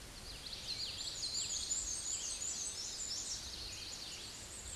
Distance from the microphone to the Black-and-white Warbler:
about 15 m